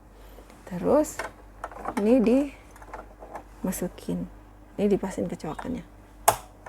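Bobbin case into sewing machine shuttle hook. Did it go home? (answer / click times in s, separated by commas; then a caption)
yes / 6.3 s. Someone talks while pressing a threaded bobbin case into the shuttle race under the needle plate of a Butterfly JH5832A sewing machine. A sharp, loud click at 6.3 seconds marks the bobbin case seating, followed by a couple of small ticks.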